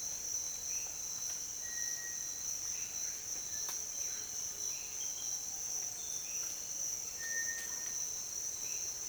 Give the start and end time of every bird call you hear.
1.52s-2.27s: Cinereous Tinamou
7.14s-7.99s: Cinereous Tinamou

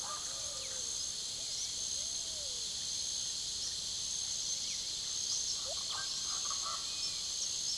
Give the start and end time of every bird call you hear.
0.00s-1.00s: Speckled Chachalaca
5.43s-6.15s: Russet-backed Oropendola
6.24s-6.83s: Speckled Chachalaca
6.88s-7.20s: Dusky-capped Flycatcher

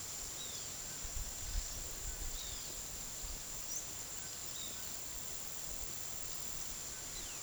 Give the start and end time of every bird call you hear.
0.38s-0.69s: Roadside Hawk
2.37s-2.67s: Roadside Hawk

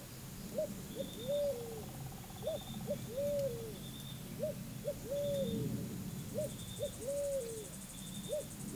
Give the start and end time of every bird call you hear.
0.54s-8.76s: Pale-vented Pigeon

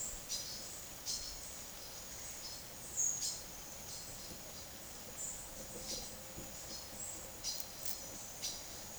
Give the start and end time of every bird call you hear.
0.00s-8.58s: Silver-beaked Tanager

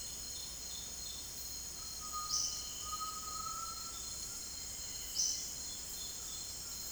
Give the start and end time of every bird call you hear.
1.95s-4.06s: Undulated Tinamou

